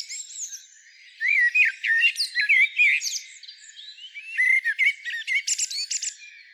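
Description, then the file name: Common blackbird: thin, squeaky warbled notes and short whistles in two busy bursts, the second ending with sharp clicking elements. "Turdus merula"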